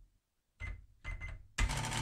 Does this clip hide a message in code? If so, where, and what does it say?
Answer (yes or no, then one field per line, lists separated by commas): no